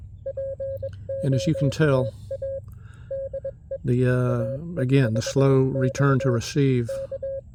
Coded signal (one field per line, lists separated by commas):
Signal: Morse code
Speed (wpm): 22 wpm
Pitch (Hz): 540 Hz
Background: speech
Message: POTA DE AEVX K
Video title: POTA with CW Flea & Belka DX